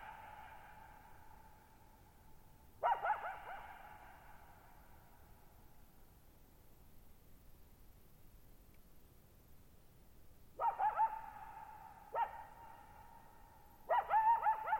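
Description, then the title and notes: Coyote calling in scattered bursts of wavering yips and howls, a long quiet stretch in the middle, the echo hanging after each burst. Lone coyote at night, July 14, 2019, Thirtymile Meadows, Okanogan National Forest, Okanogan High Country, 6400 ft; dry high plateau, bowl-shaped meadow, boggy ground, very quiet, highly reverberant. "Lone Coyote at Thirtymile Meadows. I spent the night of July 14, 2019, camped near Thirtymile Meadows in the Okanogan National Forest at 6400 ft (1950 m)"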